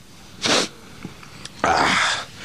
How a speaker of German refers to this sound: Wenn die Leute wollen, dass ich huste, dann werde ich es natürlich auch tun. Ich muss sagen, aber es war kein Husten, es war ein Niesen.